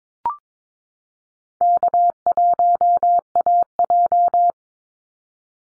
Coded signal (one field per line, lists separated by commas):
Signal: Morse code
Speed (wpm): 22 wpm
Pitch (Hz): 700 Hz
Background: none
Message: K1AJ